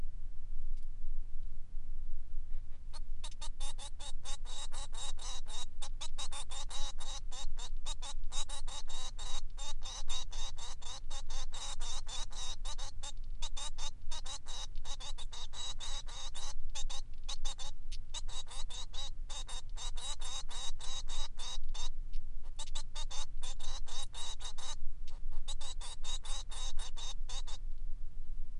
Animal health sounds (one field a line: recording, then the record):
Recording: song of a male Bengalese finch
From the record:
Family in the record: son of father 3